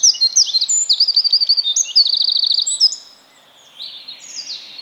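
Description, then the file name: Eurasian wren song: a rapid, loud burst of high trills and tinkling notes lasting about three seconds, then quieter high notes. "Troglodytes troglodytes"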